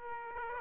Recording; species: mosquito wingbeat signal from an infrared sensor; Aedes aegypti